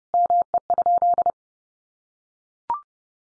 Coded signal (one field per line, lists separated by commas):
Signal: Morse code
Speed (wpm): 30 wpm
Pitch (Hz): 700 Hz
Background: none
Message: ME?